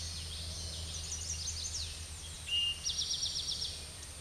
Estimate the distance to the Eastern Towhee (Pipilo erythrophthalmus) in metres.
about 25 m